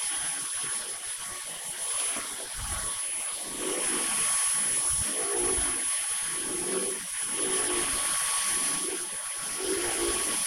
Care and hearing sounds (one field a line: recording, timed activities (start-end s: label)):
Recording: household activities, microphone on the right wrist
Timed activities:
0.00-10.47 s: vacuum cleaning